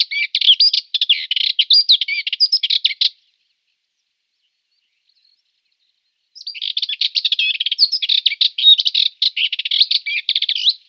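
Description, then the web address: Dartford warbler song: two scratchy, chattering phrases of rapid buzzy notes, separated by a silent pause of about three seconds. "Schulze Peter Dartford Warbler song"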